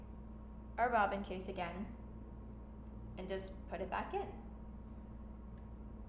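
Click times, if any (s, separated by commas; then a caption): none. A bobbin case is lined up and placed back into a sewing machine before being pushed home, while someone talks over a steady low background hum. Nothing has seated or clicked yet.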